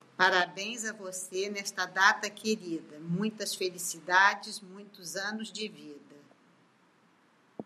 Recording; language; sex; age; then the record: short text; Brazilian Portuguese; female; 70 to 79 years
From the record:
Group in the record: control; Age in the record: 72 years